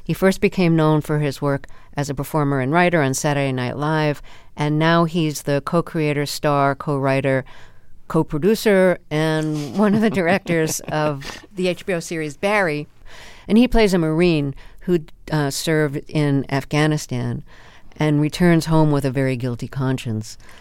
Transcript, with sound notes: He first became known for his work as a performer and writer on "Saturday Night Live," and now he's the co-creator, star, co-writer, co-producer... (Laughter) ...And one of the directors of the HBO series "Barry." And he plays a Marine who served in Afghanistan and returns home with a very guilty conscience.